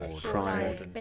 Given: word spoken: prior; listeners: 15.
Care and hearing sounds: one English word in noise, from a listening test; four-talker babble; 0.8 dB; 3 of 15; 8 of 15; 0.61 s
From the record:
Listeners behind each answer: 8, 3, 2, 1, 1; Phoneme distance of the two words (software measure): 10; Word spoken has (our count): 2 syllables, 4 phonemes, stress on syllable 1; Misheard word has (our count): 1 syllable, 4 phonemes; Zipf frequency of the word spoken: 4.02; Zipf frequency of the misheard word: 4.48

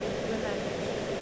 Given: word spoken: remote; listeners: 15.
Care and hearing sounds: one English word in noise, from a listening test; speech-shaped noise; -6.5 dB; 4 of 15; 7 of 15; 0.81 s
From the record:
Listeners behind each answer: 7, 4, 1, 1, 1, 1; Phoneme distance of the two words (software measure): 34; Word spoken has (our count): 2 syllables, 5 phonemes, stress on syllable 2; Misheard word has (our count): 3 syllables, 7 phonemes, stress on syllable 2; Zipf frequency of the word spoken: 4.32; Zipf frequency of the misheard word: 5.52

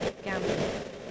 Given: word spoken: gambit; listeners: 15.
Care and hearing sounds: one English word in noise, from a listening test; noise modulated by three-talker babble; -6.8 dB; 0 of 15; 9 of 15; 0.71 s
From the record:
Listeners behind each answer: 9, 2, 1, 1, 1, 1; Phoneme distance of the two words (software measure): 17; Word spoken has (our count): 2 syllables, 6 phonemes, stress on syllable 1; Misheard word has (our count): 2 syllables, 5 phonemes, stress on syllable 1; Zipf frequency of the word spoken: 2.73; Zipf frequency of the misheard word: 4.15

